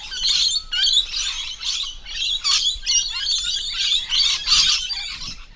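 Lorikeets giving harsh, high screeching calls in a busy flock, in repeated overlapping bursts with brief dips between.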